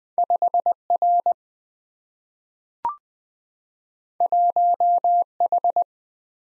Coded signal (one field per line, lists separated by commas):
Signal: Morse code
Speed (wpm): 20 wpm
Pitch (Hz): 700 Hz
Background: none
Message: 5R 1H